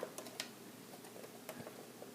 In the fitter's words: you don't want to scratch or crack that now you may hear a pop or two as you as these release it might scare you